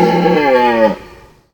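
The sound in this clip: Deer giving one loud, drawn-out bleating bawl that falls in pitch and fades after about a second.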